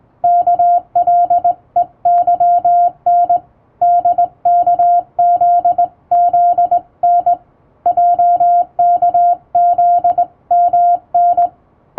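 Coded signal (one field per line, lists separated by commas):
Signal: Morse code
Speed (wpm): 20 wpm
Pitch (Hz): 700 Hz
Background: music, radio noise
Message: KLEYN DKZZN JKZMN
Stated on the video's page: Hand-keyed Morse on a straight key with correct posture and basic keying, sending English-language telegram practice text from a radiotelegraph practice book, for practice.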